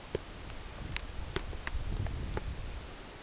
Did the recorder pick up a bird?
no